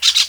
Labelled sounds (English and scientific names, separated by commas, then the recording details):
Brown-throated Parakeet (Eupsittula pertinax) contact call
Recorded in Venezuela
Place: Guárico; Corozopando; Fundo La Fe
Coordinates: 8.506, -67.593